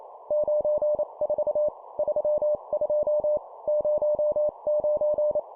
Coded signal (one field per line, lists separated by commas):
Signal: Morse code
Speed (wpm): 28 wpm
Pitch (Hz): 600 Hz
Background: none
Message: 94 32 09